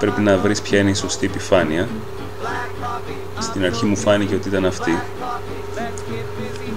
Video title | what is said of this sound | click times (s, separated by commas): Mηχανή καφέ Bosch- Tassimo | μπορείς να καταλάβεις ότι δεν μπαίνει θέσης αφού δεν κουμπώνει | none